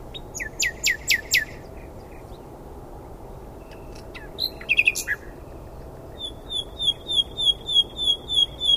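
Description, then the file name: Common nightingale song with a burst of sharp notes, a short flourish, then a steady series of clear repeated whistles. "Luscinia megarhynchos"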